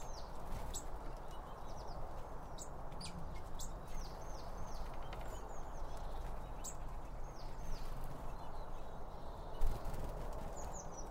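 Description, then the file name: Birds chirping: short falling chirps repeated irregularly throughout, mixed with occasional sharp clicks and taps over a low steady rumble. Birds around a bird feeder; recorded with two Line Audio OM 1 microphones. "Birds Around Birdfeeding With Two Om 1 From Line Audio"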